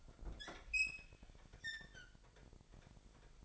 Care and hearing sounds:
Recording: daily activity, microphone in the room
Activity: open fridge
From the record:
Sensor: 5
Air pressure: 1002.1 hPa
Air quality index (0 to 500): 222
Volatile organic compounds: 27 ppm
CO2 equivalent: 2884 ppm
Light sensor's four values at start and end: 9/22/9/10 and 10/24/10/11

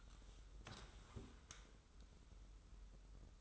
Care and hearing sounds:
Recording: daily activity, microphone in the room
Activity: sit down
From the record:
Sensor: 3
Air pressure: 994.4 hPa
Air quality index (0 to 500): 199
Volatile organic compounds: 1000 ppm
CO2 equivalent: 6612 ppm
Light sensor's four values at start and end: 178/422/179/180 and 164/387/165/163

